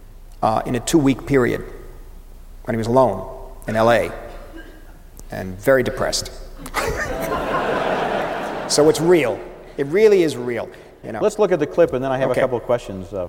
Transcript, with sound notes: in a two-week period when he was alone in LA and very depressed.
(LAUGHTER)
So it's real. It really is real, you know.
Let's look at the clip, and then...
OK.
I have a couple of questions for you.